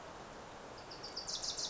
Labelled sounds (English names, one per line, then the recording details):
Wilson's Warbler
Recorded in Sonoma County, California